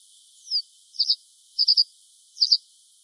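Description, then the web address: Bunting giving a thin falling seep, then three clusters of short high ticking notes, roughly two or three per cluster, spaced under a second apart. "bunting bird call"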